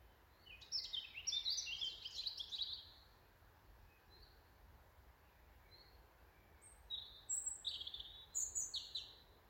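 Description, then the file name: European robin singing high, thin warbled phrases of quick varied notes, one long phrase, then soft isolated notes, then another sparkling phrase, over low background hum. "Erithacus rubecula"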